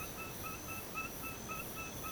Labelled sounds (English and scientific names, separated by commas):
none